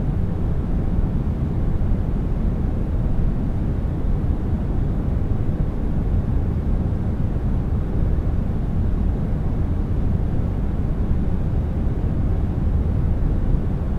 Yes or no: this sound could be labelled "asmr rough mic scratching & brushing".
no